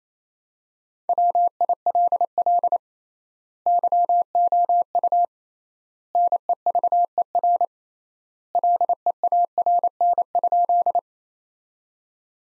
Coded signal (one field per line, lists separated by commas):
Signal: Morse code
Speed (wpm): 28 wpm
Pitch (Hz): 700 Hz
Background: none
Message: WILL YOU NEVER LEARN?